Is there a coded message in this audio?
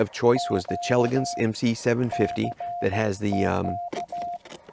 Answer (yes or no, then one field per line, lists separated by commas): yes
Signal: Morse code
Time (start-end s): 0.4-4.4 s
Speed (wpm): 15 wpm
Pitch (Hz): 700 Hz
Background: speech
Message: Q CQ